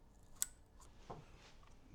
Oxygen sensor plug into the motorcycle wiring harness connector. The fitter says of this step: listen for the audible click